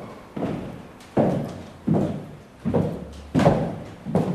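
Heavy footsteps climb a wooden staircase: six dull, resonant thuds land at a steady, unhurried pace, each with a low, boomy body and a brief creak of wood behind it.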